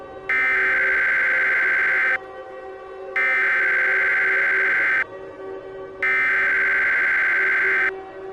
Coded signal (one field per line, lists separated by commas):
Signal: Emergency Alert System (SAME) tones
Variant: header bursts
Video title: EAS Scenario 4: The Box Invaders | Part 1